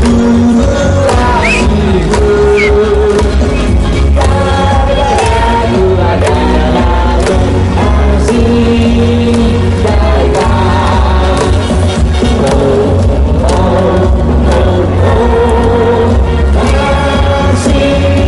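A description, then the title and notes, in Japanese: Inside Hanshin Koshien Stadium, a dense, steady crowd roar fills the whole clip, with a constant low rumble underneath. Voices rise and fall throughout, with chanting or singing lines, brief shouted calls, and scattered sharp claps or bangs over the continuous din. 阪神甲子園球場での模様を、ただただ場内の音声だけでお送りします。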